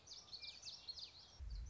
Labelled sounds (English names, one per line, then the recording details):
Common Yellowthroat
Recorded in Sonoma County, California